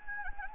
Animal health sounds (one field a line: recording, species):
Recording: mosquito wingbeat signal from an infrared sensor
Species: Anopheles gambiae